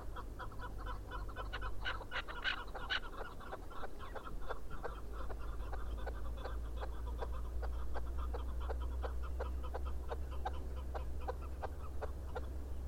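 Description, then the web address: Chukar partridge chuckling call: a long series of short clucking notes in a fairly even rhythm over a steady low rumble. "sound Chukar. صدای-کبک-چوکار"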